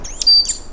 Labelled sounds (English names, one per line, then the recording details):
Stitchbird song
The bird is a male
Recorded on Tiritiri Matangi Island, New Zealand, in 2005
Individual 1, of nest box 1